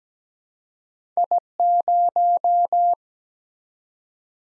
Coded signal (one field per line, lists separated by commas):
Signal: Morse code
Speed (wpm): 17 wpm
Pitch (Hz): 700 Hz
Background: none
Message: I0